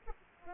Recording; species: mosquito wingbeat signal from an infrared sensor; Aedes aegypti